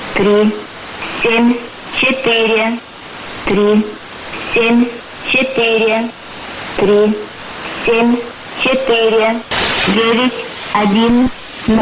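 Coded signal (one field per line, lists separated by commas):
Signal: numbers station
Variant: S06s, Russian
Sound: a woman's voice reading about ten short evenly spaced words over radio hiss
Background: radio static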